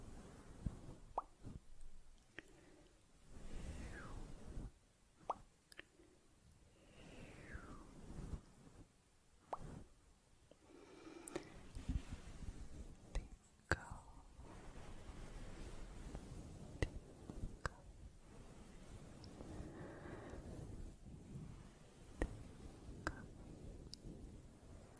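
Soft, slow mouth sounds: wet clicks and small plops scattered irregularly through the clip, a few every couple of seconds. Beneath them runs a low, muffled brushing and rustling that rises and falls, with brief quiet gaps around 5 and 9 seconds.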